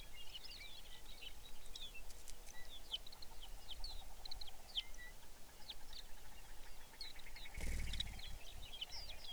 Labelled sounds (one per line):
songbird
grouse or ptarmigan